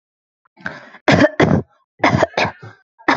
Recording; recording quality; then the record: shallow voluntary cough; excellent, no background noise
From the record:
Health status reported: healthy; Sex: female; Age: 22 years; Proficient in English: yes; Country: India